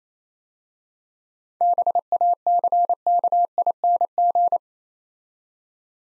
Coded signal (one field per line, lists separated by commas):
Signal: Morse code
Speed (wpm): 27 wpm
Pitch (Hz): 700 Hz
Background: none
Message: BACKING